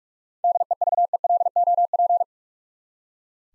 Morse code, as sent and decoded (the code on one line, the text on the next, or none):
-.. . ...- . .-.. --- .--.
DEVELOP